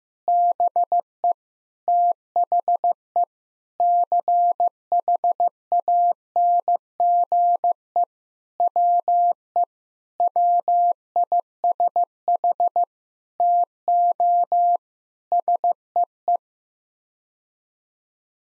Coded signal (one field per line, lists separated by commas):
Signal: Morse code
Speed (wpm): 15 wpm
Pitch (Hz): 700 Hz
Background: none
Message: BE THE CHANGE WE WISH TO SEE